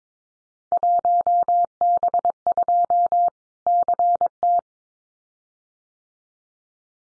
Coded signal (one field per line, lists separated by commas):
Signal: Morse code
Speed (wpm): 22 wpm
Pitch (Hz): 700 Hz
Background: none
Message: 1B2 CT